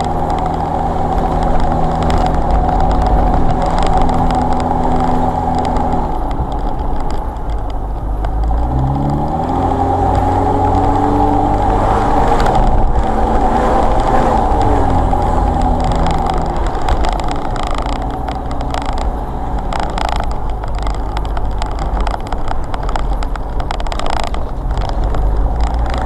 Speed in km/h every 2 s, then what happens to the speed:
31, 31, 31, 26, 21, 26, 29, 31, 31, 31, 26, 24, 19.
4-7 slows to 21. 13-18 steady at about 31. 18-26 slows to 19.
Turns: none.